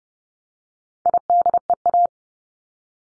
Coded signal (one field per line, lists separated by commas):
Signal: Morse code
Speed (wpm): 30 wpm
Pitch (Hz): 700 Hz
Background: none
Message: IDEA